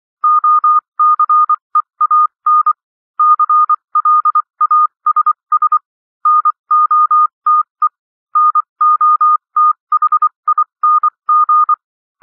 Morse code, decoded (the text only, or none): OCEAN CLASS NOTE NOTHING